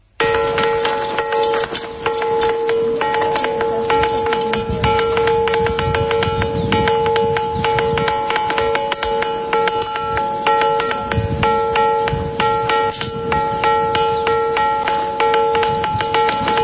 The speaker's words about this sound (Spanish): Y esto, aunque parezca mentira, son piedras y suenan así, por eso también le llaman piedras a campana.